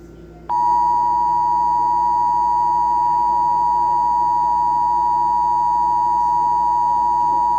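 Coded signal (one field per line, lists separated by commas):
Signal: Emergency Alert System (SAME) tones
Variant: 853 and 960 Hz attention tone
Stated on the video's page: Required monthly test recorded from Comcast's CAP website on a phone.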